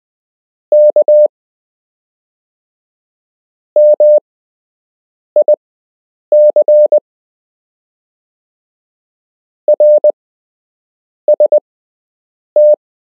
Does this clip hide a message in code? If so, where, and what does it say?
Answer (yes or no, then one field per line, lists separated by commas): yes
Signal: Morse code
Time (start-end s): 0.7-12.7 s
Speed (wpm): 20 wpm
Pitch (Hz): 600 Hz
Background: none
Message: K MIC RST